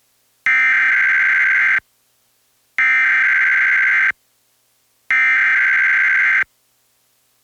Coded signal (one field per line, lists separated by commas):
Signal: Emergency Alert System (SAME) tones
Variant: header bursts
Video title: EAS #1153-1154: 2 EAS Required Monthly Tests- Jan. 7, 2026- 10:15AM PST